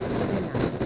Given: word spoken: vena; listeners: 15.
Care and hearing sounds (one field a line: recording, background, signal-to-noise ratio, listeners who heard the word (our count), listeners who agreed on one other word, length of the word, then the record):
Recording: one Spanish word in noise, from a listening test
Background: noise modulated by three-talker babble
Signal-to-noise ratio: -7.3 dB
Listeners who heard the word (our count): 0 of 15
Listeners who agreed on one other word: 14 of 15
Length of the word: 0.46 s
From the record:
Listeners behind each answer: 14, 1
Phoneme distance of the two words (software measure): 10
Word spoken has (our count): 2 syllables, 4 phonemes, stress on syllable 1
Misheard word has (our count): 2 syllables, 4 phonemes, stress on syllable 1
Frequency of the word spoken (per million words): 5.27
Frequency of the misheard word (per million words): 37.84